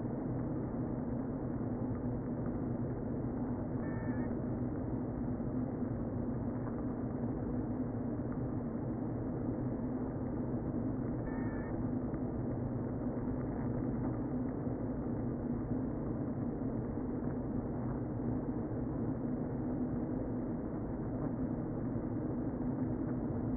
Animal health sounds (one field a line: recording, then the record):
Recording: honeybee colony, microphone inside the hive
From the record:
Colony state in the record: queen present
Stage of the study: before two queens were removed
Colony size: about 60,000 bees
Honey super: yes